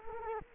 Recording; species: mosquito wingbeat signal from an infrared sensor; Culex quinquefasciatus